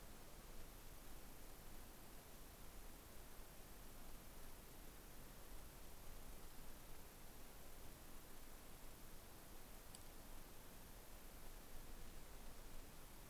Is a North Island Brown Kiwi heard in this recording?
no